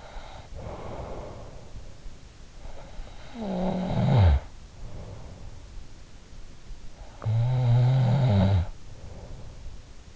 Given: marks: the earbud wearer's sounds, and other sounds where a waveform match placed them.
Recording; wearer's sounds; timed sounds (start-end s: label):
sounds in sleep by an in-ear microphone; breath, snoring breath
0.00-2.28 s: breath
3.25-5.94 s: snoring breath
6.62-10.16 s: snoring breath